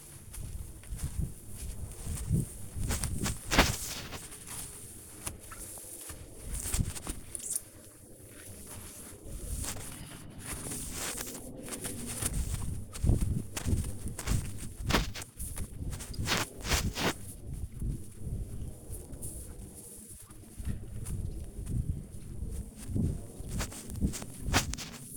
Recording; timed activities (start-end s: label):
household activities, microphone on the right wrist
0.00-25.17 s: window cleaning